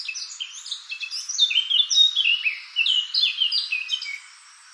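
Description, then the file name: Eurasian blackcap delivering a continuous rich warble of fast, varied whistles and chattering notes, fading out at the close. "Sylvia atricapilla"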